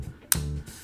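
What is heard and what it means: The handle of a Leatherman FREE P4 multi-tool is released, and its magnets grab it back into the closed position with a sharp, satisfying click at 0.3 s. A low ringing tone follows until about 0.6 s, and the handle is seated in place.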